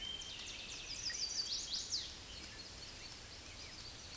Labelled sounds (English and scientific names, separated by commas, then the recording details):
Chestnut-sided Warbler (Setophaga pensylvanica) song
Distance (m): 30 m
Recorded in a Pennsylvania forest on 18 May 2023 at 06:26
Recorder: AudioMoth, point grid1_24_low
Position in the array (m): 128 m, 215 m